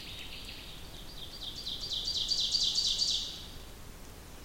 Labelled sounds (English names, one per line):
Ovenbird song